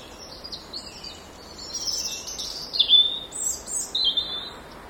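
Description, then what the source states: Robin song: thin, high warbling with wavering trills and short slurred whistles, louder from about 2 seconds, against a low background hiss. By a mill stream, 10 November 2014.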